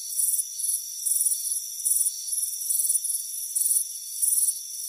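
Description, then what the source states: Cricket chirping, short trilled high bursts in quick succession above a steady whine. Crickets chirping on a front porch on a warm afternoon.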